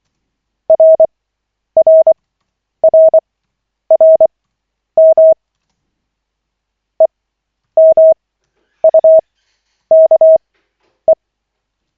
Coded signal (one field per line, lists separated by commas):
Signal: Morse code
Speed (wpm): 24 wpm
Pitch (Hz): 640 Hz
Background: none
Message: RRRRM EMUKE